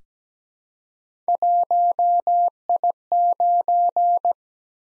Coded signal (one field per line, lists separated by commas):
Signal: Morse code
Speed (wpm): 17 wpm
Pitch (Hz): 700 Hz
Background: none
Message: 1I9